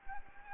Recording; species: mosquito wingbeat signal from an infrared sensor; Anopheles gambiae